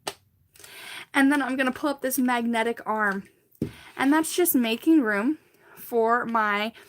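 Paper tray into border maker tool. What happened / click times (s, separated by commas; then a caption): The small tray snapped up into place / 0.1 s. A small plastic paper tray tucked in the bottom of a border maker tool is pulled up and snaps into place with a sharp click at 0.1 s, seating the tray. A soft rustle follows, then someone talks for the rest of the clip.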